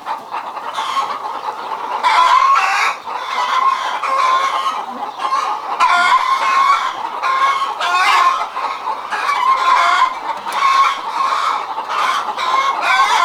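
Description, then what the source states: Chickens in a noisy flock, overlapping harsh squawks and cackles rising and falling in loud bursts throughout. Several chickens, described as hysterical.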